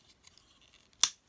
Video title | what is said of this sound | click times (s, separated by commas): Deluxe Class Origin Autobot Jazz Review - Transformers Buzzworthy Bumblebee Legacy Evolution | there we go so you hear to click and that's not great but there's not much you can do about it | 1.0 s